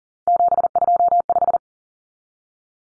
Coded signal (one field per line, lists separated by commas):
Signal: Morse code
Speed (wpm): 40 wpm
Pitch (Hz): 700 Hz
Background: none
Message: 725